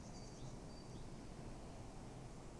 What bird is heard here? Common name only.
Great Tit